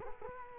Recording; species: mosquito wingbeat signal from an infrared sensor; Culex quinquefasciatus